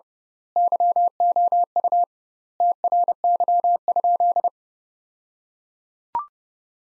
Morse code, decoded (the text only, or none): YOU TRY?